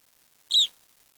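Bird giving a single short, high chirp lasting a fraction of a second against near silence.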